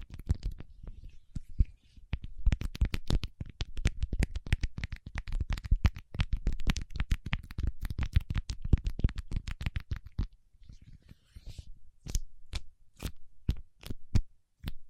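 Paraffin wax is worked with fingers, giving a dense run of sharp crackling taps and scratches for the first ten seconds. After a short pause, slower, evenly spaced single taps ring out bright and crisp until the end.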